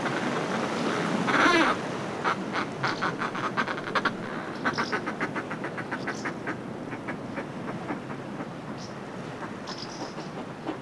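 Northern fulmar cackle: brisk series of harsh clucking notes that weaken toward the end, after a short loud burst of noise, over steady background rush.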